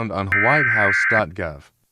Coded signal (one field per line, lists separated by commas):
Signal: Emergency Alert System (SAME) tones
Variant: header bursts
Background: speech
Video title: EAS Scenario: 2nd American Civil War